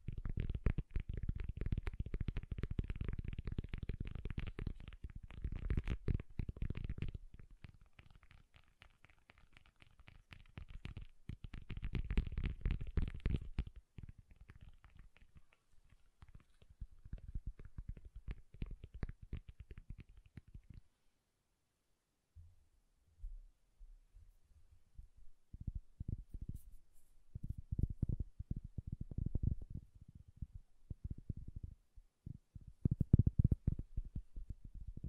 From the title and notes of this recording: ASMR Bassy and Soft Tapping Sounds. No Talking.